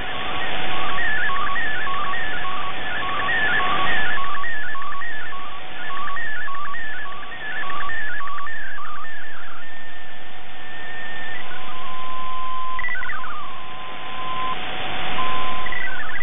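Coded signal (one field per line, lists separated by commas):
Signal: multi-tone FSK (Olivia or MFSK type)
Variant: MFSK64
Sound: rapid warbling tones hopping up and down over a steady low hum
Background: radio static, steady carrier tone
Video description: In this video it is MFSK64 for the image and MFSK32 for the concluding text after the image.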